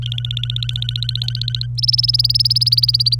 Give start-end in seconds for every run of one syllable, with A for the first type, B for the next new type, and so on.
0.03-1.67 A, 1.78-3.15 B